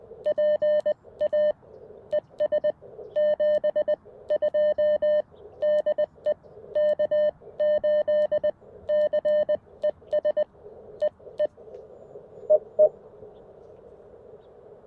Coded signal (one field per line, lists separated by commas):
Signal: Morse code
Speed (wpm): 20 wpm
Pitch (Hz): 600 Hz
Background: none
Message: PA ES 72 DE K8CES EE EE